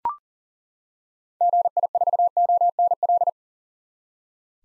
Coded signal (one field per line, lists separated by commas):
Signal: Morse code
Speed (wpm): 39 wpm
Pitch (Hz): 700 Hz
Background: none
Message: GI4ONL